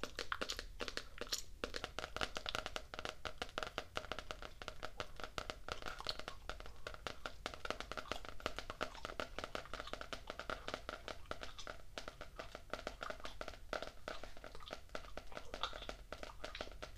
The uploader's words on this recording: ASMR Gum Chewing and Tapping.